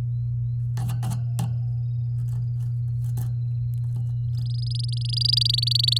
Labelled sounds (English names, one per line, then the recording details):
Domestic Canary song
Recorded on 9 May 2018 at 14:30
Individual llb16